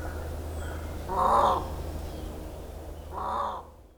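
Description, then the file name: Indian peafowl giving two loud, nasal, arched honking calls about two seconds apart over a steady low hum. Recorded on Miyakojima, Japan, on 13 April 2017. "indokujaku miyakojima"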